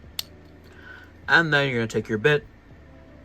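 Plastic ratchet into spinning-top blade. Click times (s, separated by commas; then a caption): 0.2 s. A plastic ratchet is placed into a spinning-top blade and twisted counterclockwise until it clicks into place, a single sharp click at 0.2 s. After a pause, someone talks.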